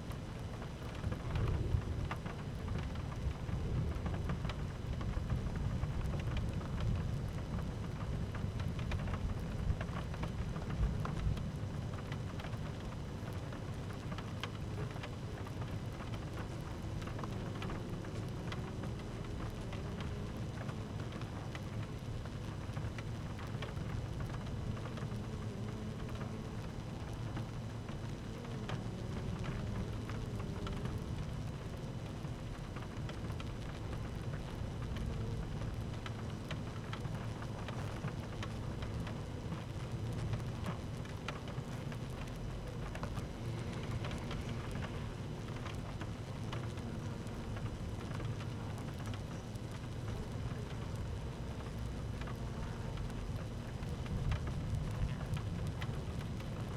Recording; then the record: honeybee colony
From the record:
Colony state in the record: active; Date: 12 June 2018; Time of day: 13:12